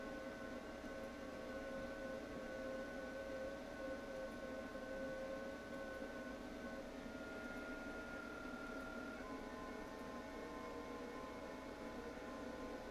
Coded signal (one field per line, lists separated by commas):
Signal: FT8